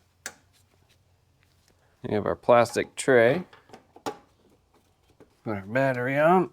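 The second electrical wiring harness connector is pushed onto the starter motor of a 2006-2012 Toyota RAV4 and closed, snapping in with a sharp click at 0.3 s and seating. After a quiet pause, someone talks, with a few faint knocks in between.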